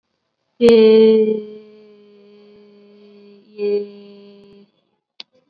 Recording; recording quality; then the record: sustained vowel as in made; excellent, no background noise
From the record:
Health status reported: COVID-19 positive, mild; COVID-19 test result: positive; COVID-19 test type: RT-PCR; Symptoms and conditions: cough, fever, muscle pain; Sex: female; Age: 25 years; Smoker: no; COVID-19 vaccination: one dose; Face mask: worn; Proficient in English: yes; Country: India